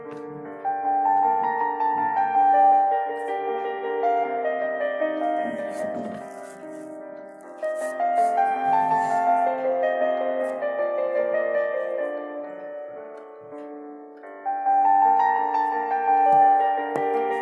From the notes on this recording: pencil ASMR, ticking of the clock and some dark academia music